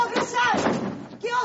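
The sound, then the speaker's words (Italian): Several loud crashes and thuds as an object from a bedside table, a vase, a chair and a nativity scene under construction are knocked over and fall, tumbling one after another in a brief, chaotic burst while voices shout over the clatter. “Scazza tutte cose, scazza! Un oggetto dal comodino, un vaso, la sedia e il presepe in costruzione.”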